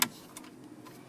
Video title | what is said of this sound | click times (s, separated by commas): Add Factory Navigation to MyFord Touch - 2015 Ford F-150 | make sure the release clip is away from you and push those until they click as well | 0.0 s